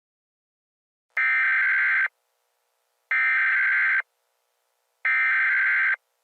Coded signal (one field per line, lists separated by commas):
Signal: Emergency Alert System (SAME) tones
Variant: header bursts